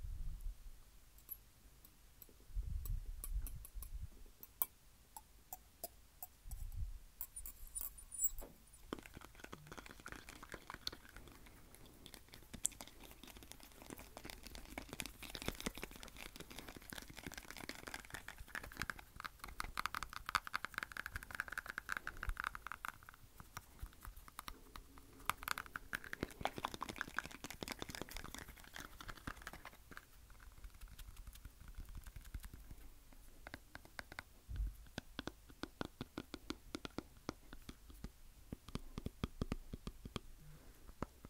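Teeth tap in dense, rapid clicks, sometimes slowing into sparser taps, with soft crinkly rustles and occasional low thumps early on.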